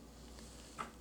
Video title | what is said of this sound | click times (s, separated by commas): Frozen Dispenser - Fix It Kit Installation Instructions | then press down on the bottom should click in place now | 0.8 s